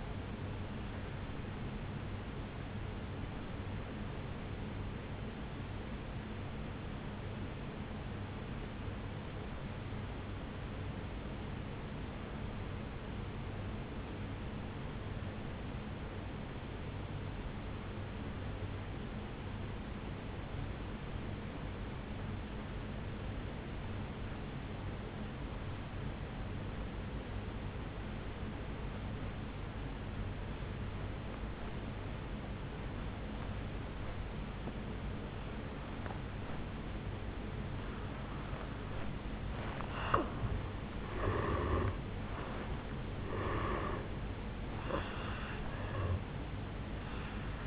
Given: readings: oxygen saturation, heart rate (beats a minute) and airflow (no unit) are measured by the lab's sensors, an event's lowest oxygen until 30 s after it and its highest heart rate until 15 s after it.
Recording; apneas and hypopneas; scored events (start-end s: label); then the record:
breathing in sleep by a voice recorder at the bedside; 1
11.00-40.50 s: obstructive apnea (N1, oxygen 96% highest, then 82% lowest, heart rate 57 at the start, 78 highest)
13.00-43.00 s: new sleep stage, N2 (light sleep)
43.00-47.66 s: new sleep stage, N1 (lightest sleep)
From the record:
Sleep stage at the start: N1 (lightest sleep); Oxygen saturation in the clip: 83 to 96%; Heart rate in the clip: 57 to 78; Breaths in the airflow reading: 3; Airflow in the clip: -12.0 to 9.2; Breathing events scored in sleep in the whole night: 449 in 7.0 hours asleep